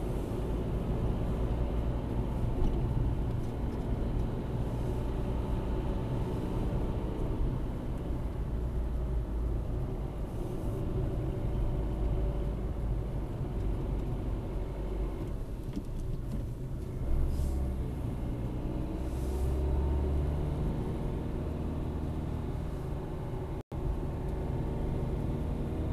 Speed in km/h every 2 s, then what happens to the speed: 44, 40, 40, 45, 41, 41, 32, 30, 31, 37, 39, 38, 39.
0-10 steady at about 41. 10-14 slows to 30. 14-19 speeds up to 39. 19-26 steady at about 39.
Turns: none.